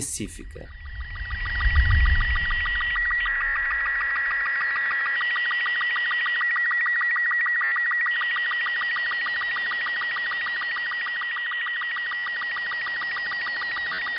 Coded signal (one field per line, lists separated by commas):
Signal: SSTV (slow-scan television)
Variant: Robot 36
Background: speech